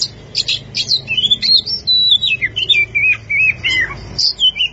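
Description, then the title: Oriental magpie-robin singing a continuous, rich run of warbled whistles that wander up and down, opening with sharp chirps, with a soft low background hum. Champion singing bird. "Kicau Burung Kacer Juara"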